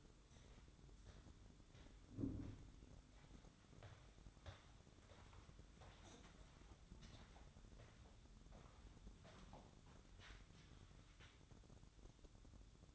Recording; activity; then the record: daily activity, microphone in the room; walk to room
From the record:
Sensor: 3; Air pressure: 1008.2 hPa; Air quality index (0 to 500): 133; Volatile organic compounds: 2 ppm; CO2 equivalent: 1099 ppm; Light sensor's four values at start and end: 10/24/10/9 and 10/23/9/9